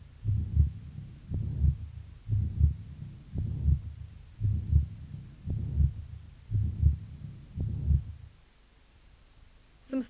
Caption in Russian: В четвертой точке аускультации появление систолического шума свидетельствует о наличии недостаточности трикуспидального клапана. Как правило, она носит функциональный характер и развивается вследствие дилатации правого желудочка и растяжения кольца трикуспидального клапана. Первый тон, как правило, ослаблен. Систолический шум трикуспидальной недостаточности.